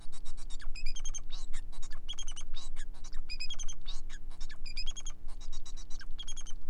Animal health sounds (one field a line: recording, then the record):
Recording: song of a male Bengalese finch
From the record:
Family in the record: son of father 4